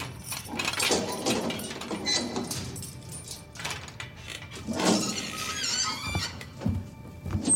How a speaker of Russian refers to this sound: Тюремный работник ставит миску с едой, открывает дверь к Ефиму.